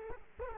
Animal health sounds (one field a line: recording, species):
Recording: mosquito wingbeat signal from an infrared sensor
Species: Culex quinquefasciatus